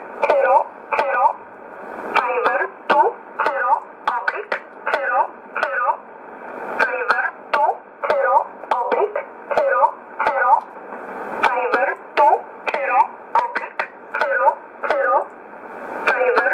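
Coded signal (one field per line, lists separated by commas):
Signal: numbers station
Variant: E11 Oblique, English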